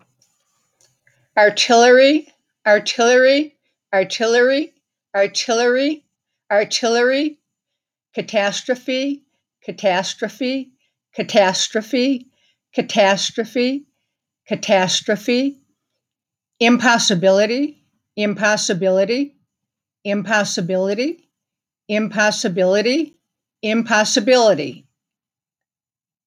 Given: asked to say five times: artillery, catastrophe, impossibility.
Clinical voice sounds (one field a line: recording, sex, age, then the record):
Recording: three words, each repeated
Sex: female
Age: 60 to 69 years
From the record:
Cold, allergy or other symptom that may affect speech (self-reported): no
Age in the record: 69 years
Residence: Florida, United States